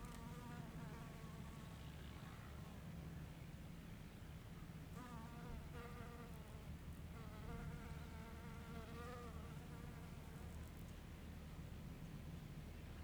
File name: Ventando nas arvores jardim ao meio dia com mosca e cortador de grama